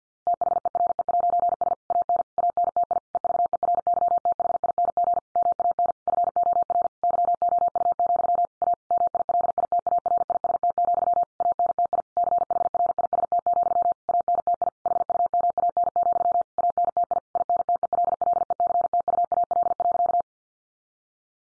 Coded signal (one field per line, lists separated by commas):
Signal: Morse code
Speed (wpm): 49 wpm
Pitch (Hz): 700 Hz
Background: none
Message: THERE'S AN ANTI EVERYTHING MAN FOR YOU, A MILITARIST, ANTI CHRIST, ANTI HUMAN, ANTI INTELLECTUAL.